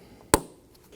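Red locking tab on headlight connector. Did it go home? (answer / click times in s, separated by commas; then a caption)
yes / 0.3 s. The red plastic position-lock tab on a headlight connector of a 2018-2024 Chevrolet Equinox 1.5L L4 is pushed down by hand during reinstallation. A single loud, sharp click sounds at 0.3 s against quiet background noise, and the tab is seated.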